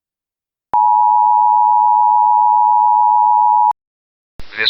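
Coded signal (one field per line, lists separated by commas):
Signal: Emergency Alert System (SAME) tones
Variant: 853 and 960 Hz attention tone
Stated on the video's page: Fictional EAS scenario, analog-horror recreation; not a real alert.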